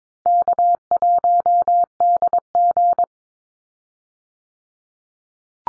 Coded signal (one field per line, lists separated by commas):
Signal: Morse code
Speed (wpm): 22 wpm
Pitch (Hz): 700 Hz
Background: none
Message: K1DG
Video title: Easy Call Signs Repeated 2x 22wpm